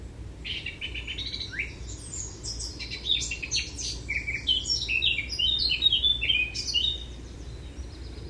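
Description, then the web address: Eurasian blackcap singing a rich, fast warble of varied chirps and clear whistled notes, rising in intensity through the middle, over a steady low background hum. "SETE data Sylvia atricapilla"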